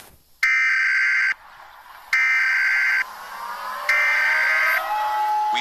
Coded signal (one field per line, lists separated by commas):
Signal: Emergency Alert System (SAME) tones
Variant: header bursts